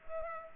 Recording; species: mosquito wingbeat signal from an infrared sensor; Culex pipiens